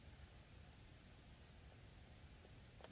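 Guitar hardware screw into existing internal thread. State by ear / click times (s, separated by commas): seated / 2.8 s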